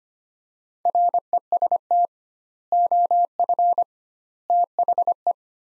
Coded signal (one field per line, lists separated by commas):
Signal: Morse code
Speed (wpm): 25 wpm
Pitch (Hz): 700 Hz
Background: none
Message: REST OF THE